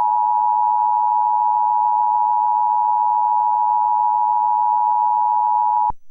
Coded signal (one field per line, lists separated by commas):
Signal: Emergency Alert System (SAME) tones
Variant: 853 and 960 Hz attention tone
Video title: EAS Required Monthly Test [5/7/2024]